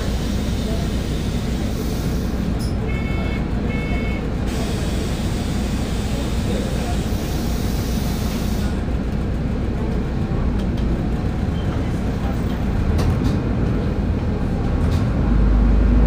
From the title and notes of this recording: Al Nadha to Deira city centre Dubai travel experience. Using 22 bus I'm traveling to Deira city centre bus station.